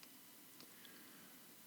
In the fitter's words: that switch to make sure it drops in there and snaps in place like it's supposed to